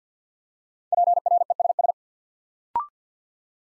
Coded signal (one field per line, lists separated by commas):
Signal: Morse code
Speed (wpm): 50 wpm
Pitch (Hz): 700 Hz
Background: none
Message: PRESS